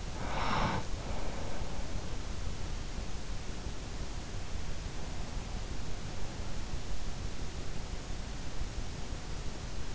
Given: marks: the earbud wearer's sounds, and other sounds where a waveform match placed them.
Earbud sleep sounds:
sounds in sleep by an in-ear microphone; breath
0.00-2.43 s: breath

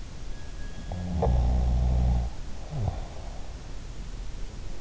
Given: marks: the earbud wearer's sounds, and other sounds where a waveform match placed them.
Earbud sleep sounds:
sounds in sleep by an in-ear microphone; snoring breath
0.82-3.14 s: snoring breath

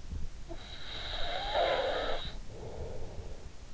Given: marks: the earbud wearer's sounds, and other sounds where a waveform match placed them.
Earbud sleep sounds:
sounds in sleep by an in-ear microphone; snoring breath
0.34-3.74 s: snoring breath

